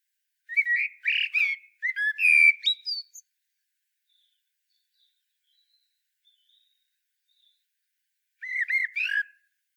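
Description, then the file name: Common blackbird song: a long run of mellow whistled notes with rising and falling slurs and high squeaky ends, then a short fluty phrase after a quiet pause. "Turdus merula"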